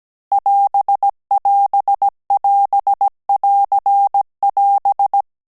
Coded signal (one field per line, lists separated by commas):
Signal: Morse code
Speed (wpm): 17 wpm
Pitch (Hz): 800 Hz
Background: none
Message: <AS><AS><AS><AR><AS>